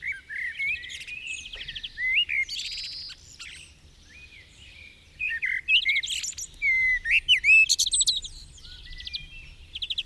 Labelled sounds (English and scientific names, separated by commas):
Common Blackbird (Turdus merula) song